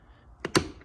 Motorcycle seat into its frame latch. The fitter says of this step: get it to click in and now that crap ain't going nowhere there's no wiggle left so